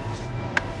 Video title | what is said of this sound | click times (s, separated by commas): Gibson USA - Made In America - Travel Channel Asia | yeah that's awesome that clicking sound means it's a perfect fit | 0.6 s